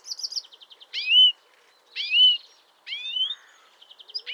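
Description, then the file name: European greenfinch calls: a short run of quick chirps, then three loud rising sweeps about a second apart. "Chloris chloris"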